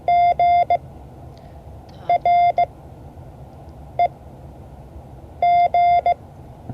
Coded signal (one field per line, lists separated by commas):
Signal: Morse code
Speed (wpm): 17 wpm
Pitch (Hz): 700 Hz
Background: none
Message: GREG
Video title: Morse code class 2024-07-30 (5 of 12)